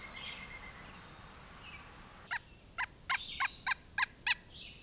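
Pileated woodpecker calling: a quick run of seven loud, ringing kuk notes after two quiet seconds, with faint background hiss.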